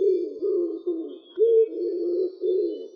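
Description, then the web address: Common wood pigeon cooing, a low, soft hooting in several linked phrases across three seconds, with a brief louder, slightly higher note in the middle. "Columba palumbus"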